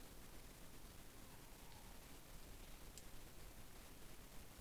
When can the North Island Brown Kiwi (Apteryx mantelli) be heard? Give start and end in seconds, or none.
none